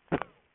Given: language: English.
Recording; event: throat vibration sensor signal played as sound; cough